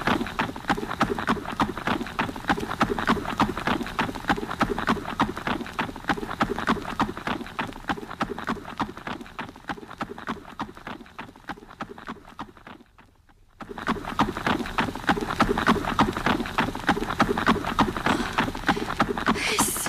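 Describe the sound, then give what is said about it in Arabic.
The hooves of a horse named Adham gallop in a fast, steady drumming rhythm that stays loud almost the whole time, breaking off for a moment before the pounding picks up again. “بس يا أدهم، أدهم تعال يا حصان، عايزين نحصل هوام. يلا حصان.”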